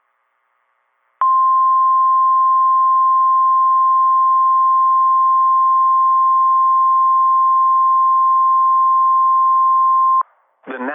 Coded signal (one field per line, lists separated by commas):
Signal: Emergency Alert System (SAME) tones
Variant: 1050 Hz attention tone